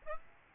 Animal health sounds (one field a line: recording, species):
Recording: mosquito wingbeat signal from an infrared sensor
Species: Aedes albopictus